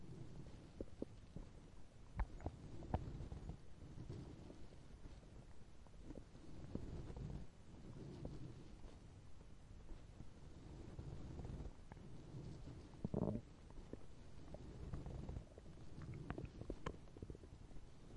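Low, irregular gurgling rumbles run through about 18 seconds, with short bubbling bursts and a louder gurgle near the end. This is stomach growling (borborygmi) from an empty tummy, a sound effect.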